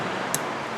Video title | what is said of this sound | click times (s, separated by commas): 2006-2012 Honda CRV How To Replace The AC Compressor | for it to snap in which it did all right | 0.3 s